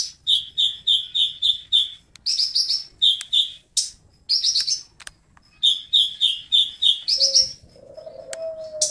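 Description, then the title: Oriental magpie-robin song: clear whistled notes repeated in quick runs, mixed with buzzy rattles and chirps; a low coo enters near the end. "Kicau Kacer"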